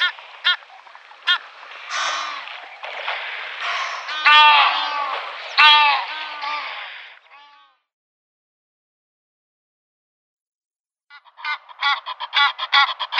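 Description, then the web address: Egyptian goose uttering loud, hoarse, harmonic honks and rasping notes in an uneven series, then a pause before a quicker burst of honks resumes. "Egyptian Goose"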